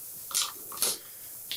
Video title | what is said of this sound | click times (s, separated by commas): Gimbal Tutorial: Setup and Review | hear it click now we have to balance | 1.5 s